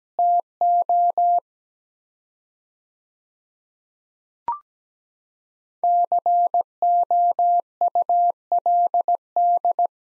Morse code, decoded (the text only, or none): TO COULD